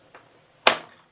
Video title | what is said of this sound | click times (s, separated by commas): How to make a Christmas Treat Box Tutorial | until you hear it like click | 0.7 s